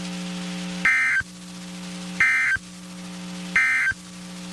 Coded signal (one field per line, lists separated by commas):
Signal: Emergency Alert System (SAME) tones